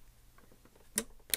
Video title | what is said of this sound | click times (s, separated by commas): Angel and Snowman Cards with FOIL QUILL (Silhouette Portrait, Cameo or Cricut!) | push it until it snaps you can hear it snap and you know it's in there perfectly | 1.0 s, 1.3 s